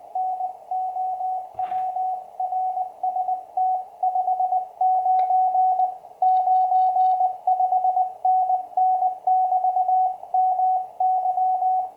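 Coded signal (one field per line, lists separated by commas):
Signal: Morse code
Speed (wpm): 20 wpm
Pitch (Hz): 740 Hz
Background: radio noise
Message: NOW RST 599 5NN <BT> MY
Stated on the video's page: First CW QSO on a repaired 20 m QCX, with a QRP station.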